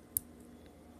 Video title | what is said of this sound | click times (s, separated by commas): Bashing the Steel Bagelsport Day Date President | as you can hear that snap just didn't sound very | 0.2 s